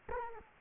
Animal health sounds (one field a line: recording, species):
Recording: mosquito wingbeat signal from an infrared sensor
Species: Culex quinquefasciatus